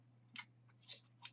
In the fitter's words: fully open it clicks into place and then comes down to 90 degrees and then when you pull it it pulls